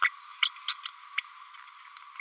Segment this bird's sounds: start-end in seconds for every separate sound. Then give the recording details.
0.02-0.09, 0.42-0.49, 0.68-0.75, 0.85-0.91, 1.17-1.22. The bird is a female. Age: 30 days. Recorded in a nest box in Venezuela. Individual 17B102A6